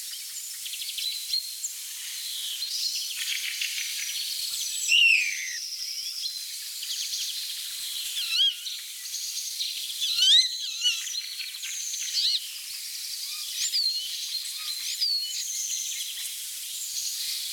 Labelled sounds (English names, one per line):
European Starling song